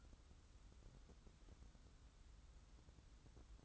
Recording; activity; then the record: daily activity, microphone in the room; take from stove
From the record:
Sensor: 3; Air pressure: 994.4 hPa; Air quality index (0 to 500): 211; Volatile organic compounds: 1000 ppm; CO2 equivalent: 7046 ppm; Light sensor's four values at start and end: 197/475/200/199 and 197/475/200/199